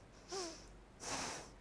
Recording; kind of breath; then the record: one breath in and out by a microphone near the nose and mouth; deep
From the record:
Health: marked as sick, illness not named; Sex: female